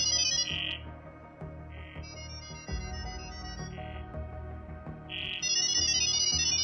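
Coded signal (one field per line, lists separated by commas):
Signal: data over sound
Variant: ggwave (Gibberlink)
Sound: rapid chirpy bursts of high beeping tones, like a twittering ringtone, in several bursts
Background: background music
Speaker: como pudieron ver en el video un asistente de Inteligencia artificial en una computadora comienza a charlar con otra Inteligencia artificial simulando una reservación de hotel pero a mitad de la conversación los Bots se cambian al modo jerling este modo es una locura una mezcla de sonidos que parecen sacados de los viejos modems de comunicación o de pitidos de robots de Star Wars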